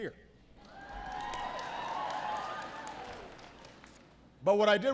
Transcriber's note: applause